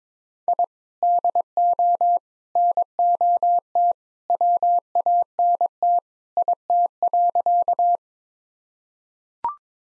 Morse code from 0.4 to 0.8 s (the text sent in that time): I